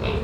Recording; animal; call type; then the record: contact call of a hoofed animal; pig; closed-mouth grunt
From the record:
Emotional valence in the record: positive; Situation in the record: food and toys in familiar pen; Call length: 0.24 s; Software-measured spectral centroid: 1590 Hz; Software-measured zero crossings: 1360 a second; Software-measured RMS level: -24 dBFS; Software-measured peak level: -14 dBFS